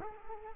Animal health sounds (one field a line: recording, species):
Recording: mosquito wingbeat signal from an infrared sensor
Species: Culex quinquefasciatus